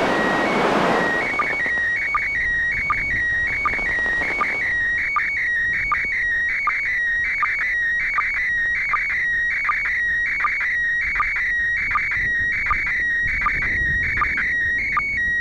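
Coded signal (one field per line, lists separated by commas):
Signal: SSTV (slow-scan television)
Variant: PD 180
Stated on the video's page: SSTV image received from the ham radio transmitter aboard the International Space Station.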